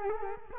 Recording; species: mosquito wingbeat signal from an infrared sensor; Culex quinquefasciatus